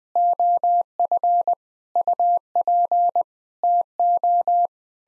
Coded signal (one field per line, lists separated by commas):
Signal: Morse code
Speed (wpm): 20 wpm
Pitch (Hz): 700 Hz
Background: none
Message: OF UP TO